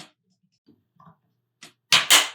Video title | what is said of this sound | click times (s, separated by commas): Vital X Crossbow How to Assemble | Snaps into place. | 1.9 s